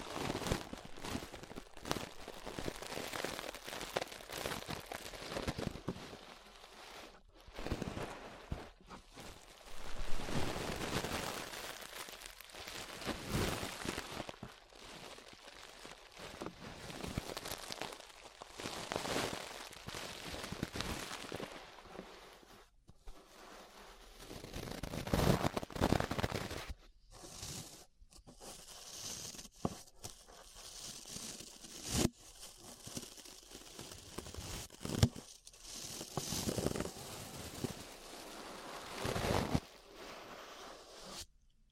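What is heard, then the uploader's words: Brushing against an ear makes a dense, crackly hiss, like rustling paper or light rain, swelling and fading in uneven strokes. Short breaks of near silence fall around 8, 23 and 27 seconds, and the final stretch turns sparser and brighter, with scattered scratchy bursts. ASMR Relaxing 3Dio Ear Brushing (No Talking).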